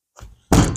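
An extruded polystyrene or wood board piece is pushed into its slot in a sliding workshop jig or table slot. A faint scrape or tap comes at about 0.2 s, then a loud knocking thunk at 0.5 s as the piece seats. It goes in tight and sits flush at the front.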